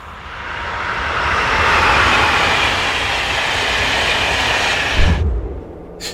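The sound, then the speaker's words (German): A steady, heavy rumbling roar of a train running through a tunnel under the sea, a broad hiss swelling and holding, then cutting off abruptly near the end with a low thump and brief clank. “Einen Zug unter Meer fahren zu lassen, ist die Idee eines Geisteskranken.”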